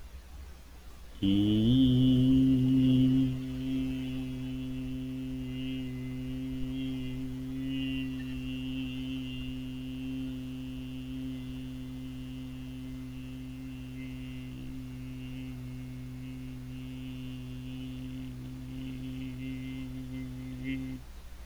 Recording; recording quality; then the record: sustained vowel as in beet; moderate, slight background noise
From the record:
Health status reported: healthy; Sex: male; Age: 28 years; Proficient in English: yes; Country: United States